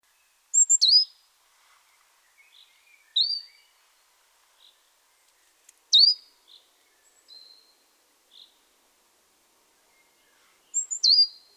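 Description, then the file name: Great tit calls: brief high sliding notes in small bursts, repeated every few seconds with quiet gaps and a few faint softer notes between. "Parus major"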